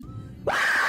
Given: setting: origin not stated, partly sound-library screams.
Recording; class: one-second piece from a danger detection set; woman in danger